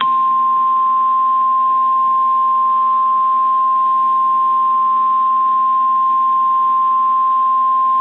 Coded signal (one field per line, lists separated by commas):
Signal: Emergency Alert System (SAME) tones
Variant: 1050 Hz attention tone